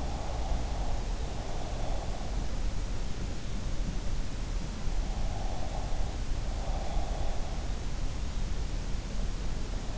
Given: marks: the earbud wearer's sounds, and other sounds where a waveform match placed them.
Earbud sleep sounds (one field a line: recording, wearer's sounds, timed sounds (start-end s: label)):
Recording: sounds in sleep by an in-ear microphone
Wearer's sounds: breath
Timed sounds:
0.00-2.18 s: breath
5.07-7.32 s: breath